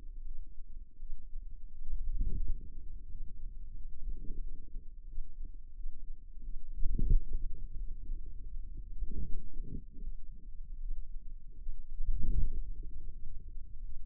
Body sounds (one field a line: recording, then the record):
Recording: forearm muscle sounds (acoustic myography)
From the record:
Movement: wrist flexion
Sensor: system 2, bracelet of six BSWA MPA416 microphones around the upper forearm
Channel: 4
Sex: female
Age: 23 years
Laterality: right